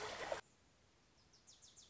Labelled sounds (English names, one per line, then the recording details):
Wilson's Warbler
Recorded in Sonoma County, California